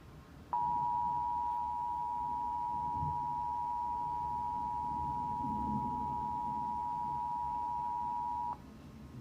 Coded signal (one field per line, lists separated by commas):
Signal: Emergency Alert System (SAME) tones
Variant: 853 and 960 Hz attention tone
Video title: EAS Alert #15: Severe Thunderstorm Warning for Johnson and Morgan Counties in Indiana.